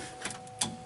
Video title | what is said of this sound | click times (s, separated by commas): 6.7 Powerstroke Transmission Flush | put it back together you just snap it in and just push it in until it clicks | 0.6 s